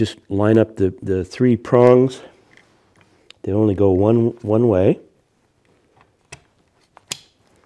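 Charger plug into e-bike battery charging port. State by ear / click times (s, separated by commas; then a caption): seated / 7.1 s. Someone talks while the three-pronged charger plug is lined up and pushed into the charging port of an ENGWE X26 e-bike battery. After a few faint ticks, a sharp snap at 7.1 s marks the plug seating in the port.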